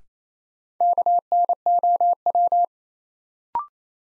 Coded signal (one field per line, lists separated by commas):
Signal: Morse code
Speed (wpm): 28 wpm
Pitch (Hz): 700 Hz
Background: none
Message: KNOW